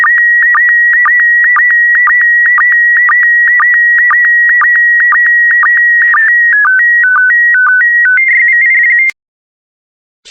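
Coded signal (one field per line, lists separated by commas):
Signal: SSTV (slow-scan television)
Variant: PD120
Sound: steady high whistle with regular short dips twice a second, then stepping tones, then silence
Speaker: transmission complete you can now check your decoded image against the picture that is shown on the video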